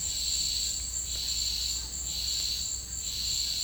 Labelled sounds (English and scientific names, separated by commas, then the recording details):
none
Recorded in dense forest near Puerto Asís, Putumayo, Colombia, on 19 March 2025 at 09:30
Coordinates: 0.485, -76.318
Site G056